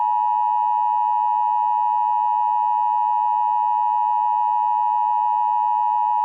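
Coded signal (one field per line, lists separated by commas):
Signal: Emergency Alert System (SAME) tones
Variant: 853 and 960 Hz attention tone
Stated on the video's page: Fictional EAS scenario for a fire tornado warning.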